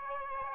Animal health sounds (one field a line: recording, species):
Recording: mosquito wingbeat signal from an infrared sensor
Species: Aedes aegypti